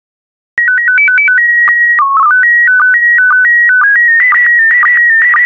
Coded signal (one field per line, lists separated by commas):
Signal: SSTV (slow-scan television)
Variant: PD 120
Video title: 76082 Southeast Asia SSTV PD120